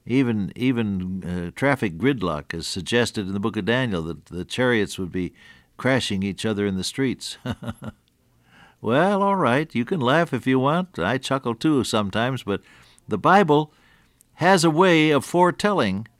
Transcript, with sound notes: Even traffic gridlock, as suggested in the book of Daniel, the chariots would be crashing each other in the streets. [chuckle] Well, Alright, you can laugh if you want. I chuckle too sometimes, but the Bible has a way of foretelling